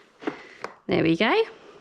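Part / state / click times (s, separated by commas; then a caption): rotating car seat shell into its base lock / not seated / none. The rotating seat shell of a Joie i-Spin Grow Signature car seat is handled after its grey release buttons are pushed up and it is spun round on its base. Two brief handling knocks land at about 0.3 and 0.6 seconds, then someone talks. The shell has not yet locked or clicked into its new position.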